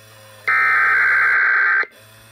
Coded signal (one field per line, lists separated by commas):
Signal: Emergency Alert System (SAME) tones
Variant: header bursts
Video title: Unboxing and Test(s) of a SAGE 1822 EAS Endec (with fails)